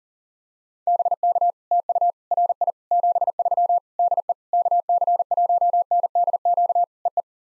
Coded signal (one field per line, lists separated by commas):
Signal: Morse code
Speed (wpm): 37 wpm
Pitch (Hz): 700 Hz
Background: none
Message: BK TU RI 73 DE KC1NDQ EE